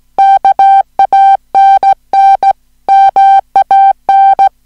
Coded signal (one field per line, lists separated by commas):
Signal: Morse code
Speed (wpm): 17 wpm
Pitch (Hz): 780 Hz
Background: music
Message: KANN MAN